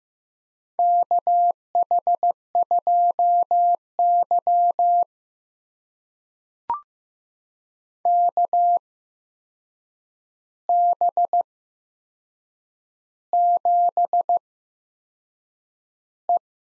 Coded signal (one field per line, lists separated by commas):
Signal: Morse code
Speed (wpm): 15 wpm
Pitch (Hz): 700 Hz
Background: none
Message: KH2Y KB7E